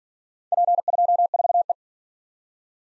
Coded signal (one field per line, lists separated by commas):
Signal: Morse code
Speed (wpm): 50 wpm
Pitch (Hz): 700 Hz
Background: none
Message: P24E